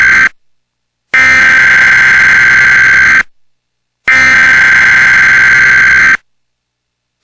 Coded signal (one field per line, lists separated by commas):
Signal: Emergency Alert System (SAME) tones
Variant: header bursts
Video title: Emergency Alert System DC Child Abduction Alert (Screen format fixed)